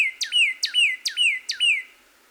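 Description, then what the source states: Northern cardinal song of four loud two-part phrases, each a sharp downward chip followed by a sweet slurred whistle, given in quick succession. Recorded 26 April 2019.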